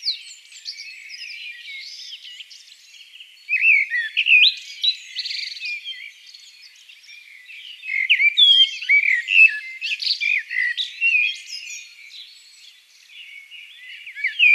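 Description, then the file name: Eurasian blackbird song: scratchy twittering and warbled notes in two busy bursts, with quieter chirping in the gaps. "Turdus merula"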